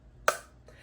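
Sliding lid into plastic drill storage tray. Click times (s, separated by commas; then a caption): 0.3 s. A plastic sliding lid is pushed up along a plastic drill storage tray until it clicks. A sharp, bright click sounds at 0.3 s, followed by a faint softer sound near 0.7 s. The click means the lid is locked into place.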